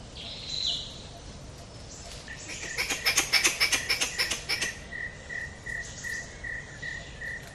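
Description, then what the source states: Squirrel chatter: a burst of rapid, harsh clicking notes lasting about two seconds, with a steady series of high, even tones continuing after it, over insects. Squirrel recorded close up, about one minute into a morning forest recording, Cat Tien National Park, Vietnam.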